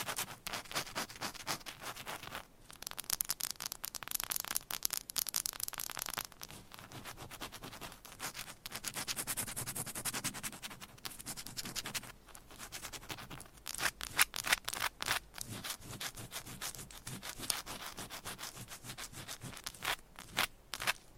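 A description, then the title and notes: Fingernails scratch and tap across a textured candle, a bright, dense, crackly scraping that runs almost without pause. Brief quiet gaps near 2.5, 8.5 and 12 seconds break it up, and sharper taps cluster around 14 to 16 seconds. ASMR Candle Scratching and Tapping Textured Candles - Asmr No Talking for Sleep with Long Nails.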